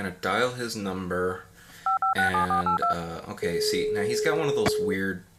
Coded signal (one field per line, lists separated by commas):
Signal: DTMF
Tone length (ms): 120 ms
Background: speech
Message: 567482